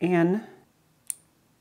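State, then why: Seated. Someone talks briefly, then a clip on a cable connector holding a wire, pulled down so it sits in, is closed shut by hand. One sharp, loud click sounds at 1.1 s, and the clip is seated.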